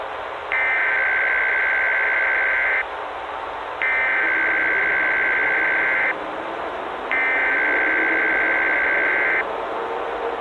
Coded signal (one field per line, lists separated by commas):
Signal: Emergency Alert System (SAME) tones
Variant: header bursts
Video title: EAS Scenario / Analog & Digital Horror - The Wrath Of Black Doom